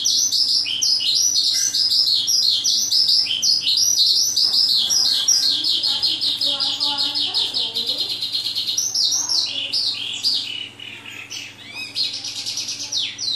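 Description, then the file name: Oriental skylark pouring out rapid, high chattering song with rolling trills and slurred notes, some lower warbled phrases mixed in midway. Vietnam. "suara-kicauan-sonca-branjangan-vietnam omkicau"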